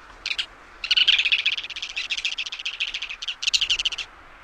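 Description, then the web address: Ruddy turnstone call: a rapid, dry rattling chatter of many harsh notes, running on for about three seconds after a short opening burst. North America. "Songs of Birds of North America Stokes. Ruddy Turnstone"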